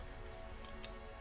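The plastic rear side window of a 1/8 scale die-cast 1968 Dodge Charger R/T model car (Deagostini/Altaya) is pressed into its place in the metal body shell. Over a steady background hum with faint tones, a single short, bright tick sounds at 0.8 s. The window snaps in and is seated with a perfect fit.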